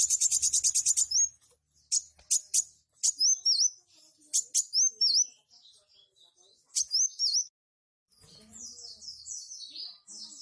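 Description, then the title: Purple-throated sunbird delivering a shrill, fast trill, then spaced clusters of sharp chips with small dipping whistles, ending in softer descending twittering notes. "Kolibri Wulung"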